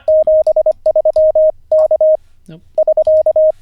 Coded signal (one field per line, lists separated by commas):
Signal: Morse code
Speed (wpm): 25 wpm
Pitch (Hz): 620 Hz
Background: radio noise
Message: 73 K <SK>